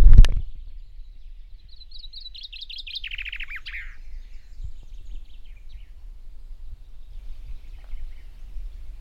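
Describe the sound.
Common chaffinch song: a single rattling phrase of rapid, descending notes ending in a brief flourish, after a sharp knock at the start, then quiet low rumble.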